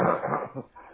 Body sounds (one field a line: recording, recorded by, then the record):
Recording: voluntary cough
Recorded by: telephone call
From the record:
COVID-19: positive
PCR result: checked with the laboratory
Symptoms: no